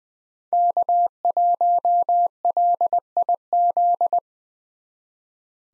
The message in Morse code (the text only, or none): K1LIZ